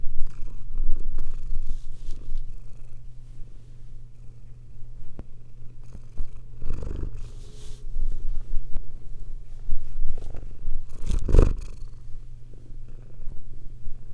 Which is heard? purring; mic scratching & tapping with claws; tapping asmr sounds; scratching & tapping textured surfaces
purring